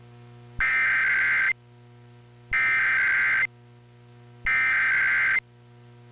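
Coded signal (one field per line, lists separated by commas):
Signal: Emergency Alert System (SAME) tones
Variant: header bursts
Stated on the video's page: EAS tones of San Diego's Required Monthly Test on KOGO.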